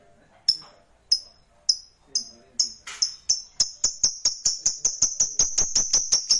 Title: Suara Lovebird